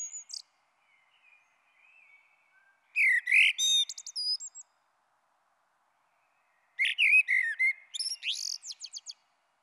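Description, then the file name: Common blackbird song with soft, low warbled notes leading into two rich whistled phrases, each closing with squeaky high-pitched twittering, with a short pause between them. "Merle Noir"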